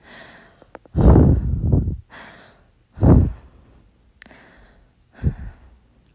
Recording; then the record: deep breathing after running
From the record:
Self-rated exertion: light exertion (2 of 6); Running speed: 5 miles an hour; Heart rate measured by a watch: 75 beats a minute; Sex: female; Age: 18 years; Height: 167 cm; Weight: 50 kg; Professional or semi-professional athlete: no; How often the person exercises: 1 to 2 times a week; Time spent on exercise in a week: 1 to 2 hours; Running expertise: no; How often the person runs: 1 to 2 times a week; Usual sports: running, walking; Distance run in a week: 1 to 2 km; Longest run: 6 km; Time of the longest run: 34 minutes